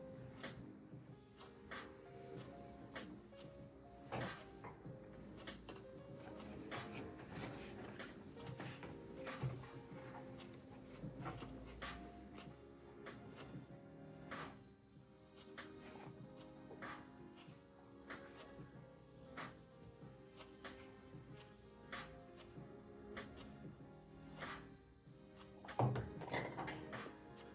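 Mellow lofi-style instrumental music plays throughout, with steady sustained chords and a soft low bass line. Frequent sharp clicks, like keyboard taps, land irregularly over the music, and a brief louder burst of clatter comes near the end.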